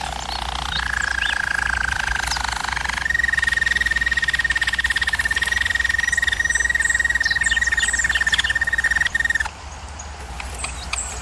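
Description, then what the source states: German Roller canary delivering a short lower roll, then one long even trill held on a single pitch for about six seconds before it stops. German Roller canary singing, used for training canaries.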